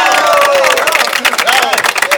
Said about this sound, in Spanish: Un fuerte aplauso por todos.